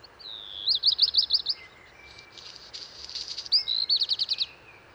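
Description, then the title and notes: Black redstart singing a quick rattle of notes, then a scratchy crackling passage, then another whistled lead-in and rattling series. First black redstart of the season, singing early in the morning on 19 March 2019 at Val Maravel, Drôme, France, perched atop a large lime tree; crumpled song; recorded with a parabolic dish. "Val Maravel - Drôme. chant du Rouge-queue noir"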